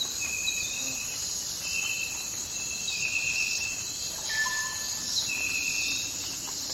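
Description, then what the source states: Crickets trill continuously in a high chorus, with sustained level tones repeating and a lower pair in the middle. Forest at night.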